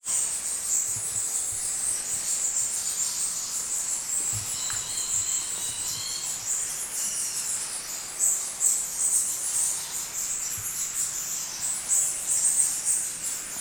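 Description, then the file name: Bats chattering in a dense high-pitched wash of squeaks and twitters, with a few brief clearer tonal chirps midway and steady hiss throughout. Busy bat activity inside a bat cave in Krabi, Thailand. "Bat Cave Busy Activity Krabi Thailand Epidemic Sound"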